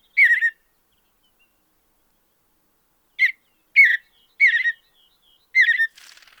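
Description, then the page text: Mountain bluebird giving short warbled notes: one opening note, then after a long silence four burry phrases, ending with faint hiss. "Andrew Spencer - Голубая сиалия (Sialia currucoides)"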